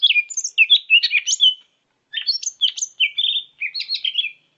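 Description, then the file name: Leafbird song of quick, slurred whistles and chattering notes in a few short bursts, high-pitched and varied, with nothing else audible. Greater green leafbird song from Medan. "suara cucak hjau medan"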